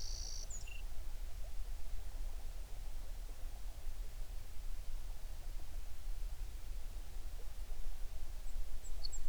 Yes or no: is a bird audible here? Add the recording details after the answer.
yes. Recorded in the Prudhoe Bay oil fields, Alaska, on 11 June 2019 at 04:45. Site 21